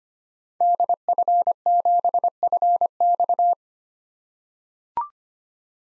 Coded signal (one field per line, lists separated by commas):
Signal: Morse code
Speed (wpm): 25 wpm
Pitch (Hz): 700 Hz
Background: none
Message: DF7FX